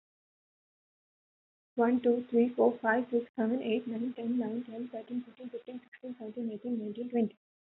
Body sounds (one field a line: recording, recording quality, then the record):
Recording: counting at a fast pace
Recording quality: moderate, slight background noise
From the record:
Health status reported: healthy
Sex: female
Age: 21 years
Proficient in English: yes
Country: India